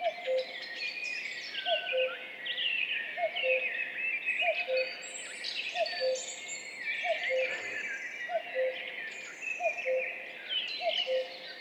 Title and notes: Duo de coucou. 14 mai 2019-Piste aux espagnols - Val Maravel - 5h20. un mémorable duo de deux coucous gris